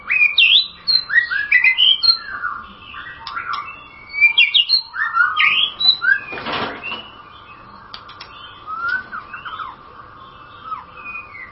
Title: Kicau Murai Batu